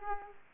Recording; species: mosquito wingbeat signal from an infrared sensor; Aedes aegypti